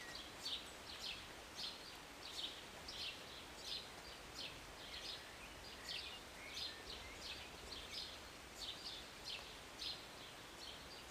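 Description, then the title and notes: High bird chirps arrive irregularly while rain hisses steadily throughout. Birds singing and chirping from a city balcony on a Sunday morning during a short rain. "Rainy Morning with Birds Chirping. Was sitting on my balcony on a Sunday morning, enjoying a cup of tea and the birds. Enjoy the short rain in the morning with birds singing and chirping beautifully. And an occasional plane. Believe it or not, this was recorded in the city"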